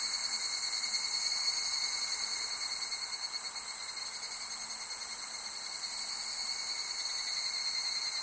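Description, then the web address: Insects trilling together in a bright, unbroken high chorus, layered pulsing buzzes holding a steady level throughout. Summer ambience of insects in Japan. "Sound Effects-Foundation 1 AMBIENCE JAPANESE SUMMER INSECTS"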